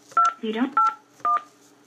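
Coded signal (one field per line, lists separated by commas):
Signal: DTMF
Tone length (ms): 170 ms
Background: speech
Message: 281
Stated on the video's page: Tones on a phone call to an automated attendant for repair.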